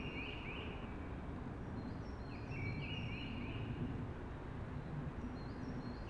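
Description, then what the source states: Eurasian blackbird: two fluted warbling phrases a couple of seconds apart, with thin high notes, over steady whooshing noise. Singing early, amongst hushing conifers.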